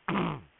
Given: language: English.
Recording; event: throat vibration sensor signal played as sound; throat clearing